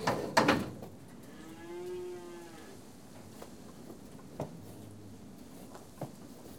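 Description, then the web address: Cattle mooing: a single low, smooth, level moo lasting about a second, after sharp metallic clanks and knocks at the start, with a few later thuds. Cattle being tested. "The BBC Sound Effects Library. Cattle Being Tested"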